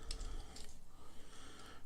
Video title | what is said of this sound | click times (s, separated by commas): Transformers Generations Scoop Throwback Review | in the toes that's going to snap together and then it just kind of it doesn't hold all on its own | 0.1 s